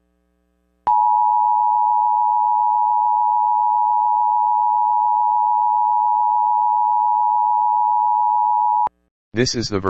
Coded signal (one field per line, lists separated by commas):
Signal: Emergency Alert System (SAME) tones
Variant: 853 and 960 Hz attention tone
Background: speech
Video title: EAS MOCK 32 - AMBER ALERT FOR VERMONT